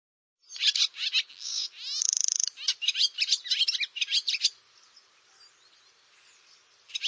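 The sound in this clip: Barn swallow song: lively twittering chirps with one sharp buzzy rattle in the middle, stopping after about four and a half seconds and leaving near silence with a final short note.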